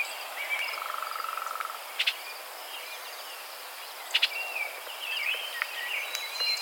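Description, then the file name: Orchard oriole calls: sharp, dry chuck notes in quick pairs, then a few warbled whistles, over steady high insect buzzing and a short even trill early on. "Icterus spurius - Orchard Oriole"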